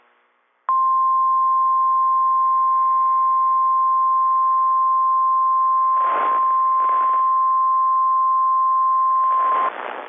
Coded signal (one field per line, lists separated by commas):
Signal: Emergency Alert System (SAME) tones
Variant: 1050 Hz attention tone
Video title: Early March Captures - EAS Alerts from Early March 2026 (EAS #689 - #700)